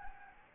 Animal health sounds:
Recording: mosquito wingbeat signal from an infrared sensor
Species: Anopheles gambiae

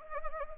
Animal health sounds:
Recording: mosquito wingbeat signal from an infrared sensor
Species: Anopheles arabiensis

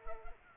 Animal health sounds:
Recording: mosquito wingbeat signal from an infrared sensor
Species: Culex pipiens

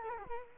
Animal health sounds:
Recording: mosquito wingbeat signal from an infrared sensor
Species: Culex quinquefasciatus

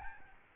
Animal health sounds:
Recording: mosquito wingbeat signal from an infrared sensor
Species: Aedes albopictus

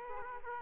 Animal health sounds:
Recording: mosquito wingbeat signal from an infrared sensor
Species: Aedes aegypti

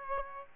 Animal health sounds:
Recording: mosquito wingbeat signal from an infrared sensor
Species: Aedes aegypti

